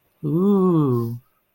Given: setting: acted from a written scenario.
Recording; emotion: vocal sound without words; romantic love